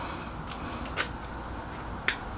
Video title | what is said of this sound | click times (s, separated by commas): Fitting A Solar Panel, Fuse And Isolation Switch To The Van Eps 6 The Ultimate Exterior Cleaning V | and there it clicked into place do your screw end up and | 2.1 s